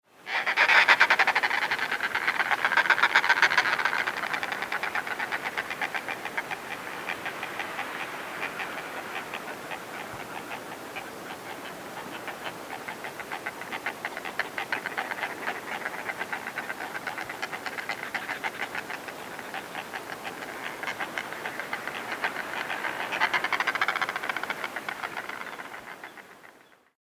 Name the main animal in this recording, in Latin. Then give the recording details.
Fulmarus glacialis. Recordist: Frommolt, Karl-Heinz. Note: Bregrüßungslaute in Brutkolonie